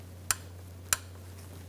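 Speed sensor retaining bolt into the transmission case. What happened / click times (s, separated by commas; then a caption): Torque wrench clicked at its setting / 0.3 s, 0.9 s. A torque wrench set to 89 inch-pounds tightens the 8 mm retaining bolt of the output speed sensor into the transmission case of a 2012-2018 Ford Focus. Two sharp clicks sound at 0.3 s and 0.9 s over a steady low hum. The wrench clicks at its setting, so the bolt is torqued to spec.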